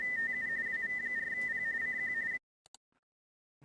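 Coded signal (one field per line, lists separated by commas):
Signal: RTTY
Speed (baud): 45.45 baud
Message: TU WV4P CQ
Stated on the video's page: RTTY from a POTA park activation on FDX10 with Palomar Bullet/LDG 9:1 29.5 ft endfed antenna and MFJ-16010 manual tuner, sent via FLDIGI.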